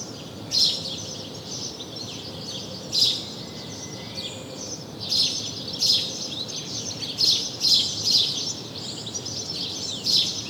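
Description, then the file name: House sparrow calls: loud, harsh chirps at irregular intervals, with softer chatter between them, over a steady hiss. "Passer domesticus"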